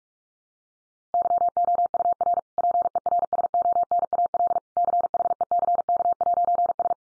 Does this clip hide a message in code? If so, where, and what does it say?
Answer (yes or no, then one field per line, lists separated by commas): yes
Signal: Morse code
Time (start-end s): 1.1-6.9 s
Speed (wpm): 44 wpm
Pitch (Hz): 700 Hz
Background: none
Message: YOUR PERSONAL CHECK'S